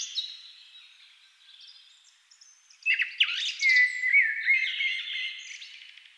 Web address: agykontroll CD 3-A természet hangjai Rigók szürkületkor